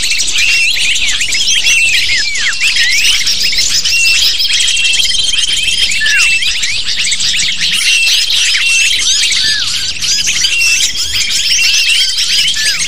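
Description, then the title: Many lovebirds chattering together in a steady, loud, shrill wall of squeaky calls, quick chirps and downward-slurred notes, with thin sustained tones above. Lure for attracting lovebirds. "PIKAT BURUNG LOVEBIRD"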